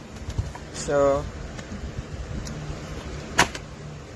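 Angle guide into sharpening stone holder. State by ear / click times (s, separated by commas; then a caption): seated / 3.4 s. Someone talks briefly as a plastic angle guide is pressed into the stone holder of a SHARPAL 160H 2-in-1 sharpening stone and knife sharpening stone holder. The guide seats with a sharp pop at 3.4 s, followed by a fainter tick just after.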